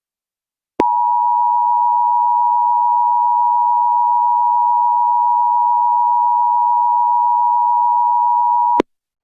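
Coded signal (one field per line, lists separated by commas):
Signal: Emergency Alert System (SAME) tones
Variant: 853 and 960 Hz attention tone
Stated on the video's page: Fictional EAS scenario with simulated alert tones.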